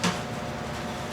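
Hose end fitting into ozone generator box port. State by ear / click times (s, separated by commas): not seated / none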